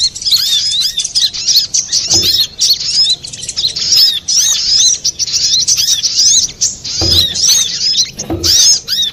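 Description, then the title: Little spiderhunter song: continuous shrill twittering with quick squeaky notes packed tightly together, plus a few dull knocks in the background. Master recording for training cage birds. "Masteran Burung Sogok Ontong Labaik"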